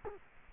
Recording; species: mosquito wingbeat signal from an infrared sensor; Culex quinquefasciatus